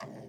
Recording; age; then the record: pig call; piglet (1 to 25 days)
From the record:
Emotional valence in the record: negative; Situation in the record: long isolation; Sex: female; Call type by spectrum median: low-frequency call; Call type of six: low-frequency modulated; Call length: 0.29 s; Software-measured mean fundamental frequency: 51 Hz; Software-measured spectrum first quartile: 272 Hz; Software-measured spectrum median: 606 Hz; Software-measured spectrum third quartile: 1236 Hz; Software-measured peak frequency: 664 Hz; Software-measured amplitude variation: 78 dB a second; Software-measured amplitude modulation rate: 22.6 a second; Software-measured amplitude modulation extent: 3.5 dB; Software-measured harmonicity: 0.3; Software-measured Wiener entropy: -0.94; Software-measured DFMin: 525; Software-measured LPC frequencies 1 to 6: 532, 1057, 1924, 2702, 3594, 4716 Hz